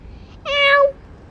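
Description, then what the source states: Domestic cat giving one loud, bright meow lasting about half a second, steady then slightly falling, preceded by a faint brief sound. Domestic cat recorded during feeding, on August 6 and 8, 2023.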